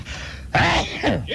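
A single abrupt, explosive sneeze from an adult man, live on the air during a radio broadcast, breaks into a quieter background, followed by a brief voiced trailing sound.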